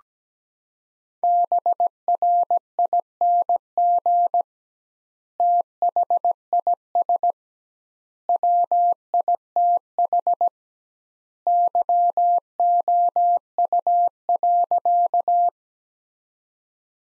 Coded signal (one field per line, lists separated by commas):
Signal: Morse code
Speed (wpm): 17 wpm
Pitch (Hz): 700 Hz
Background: none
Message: BRING THIS WITH YOU.